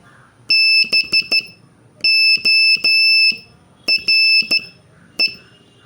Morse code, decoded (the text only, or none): BORE